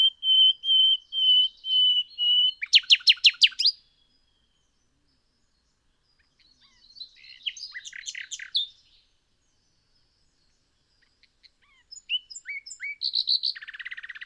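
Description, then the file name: Common nightingale song: several steady, high whistled notes, then a fast, hard rattling trill, followed after a pause by two more varied chattering and buzzy phrases. "Luscinia megarhynchos"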